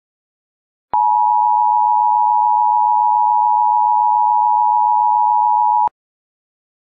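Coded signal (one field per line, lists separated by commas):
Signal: Emergency Alert System (SAME) tones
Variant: 853 and 960 Hz attention tone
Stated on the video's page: Fictional EAS scenario.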